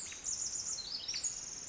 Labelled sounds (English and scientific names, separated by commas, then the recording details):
Pacific Wren (Troglodytes pacificus)
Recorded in Sonoma County, California